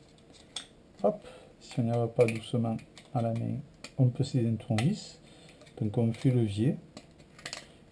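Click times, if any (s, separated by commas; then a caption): 0.6 s. During a wall light switch replacement, a part of the switch is unclipped and released from its mount with a sharp click at 0.6 s. Someone then talks for most of the clip, and a few faint clicks are heard near the end.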